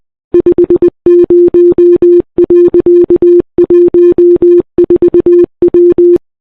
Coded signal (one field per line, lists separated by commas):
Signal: Morse code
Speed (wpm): 20 wpm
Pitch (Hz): 350 Hz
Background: none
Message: 50.14W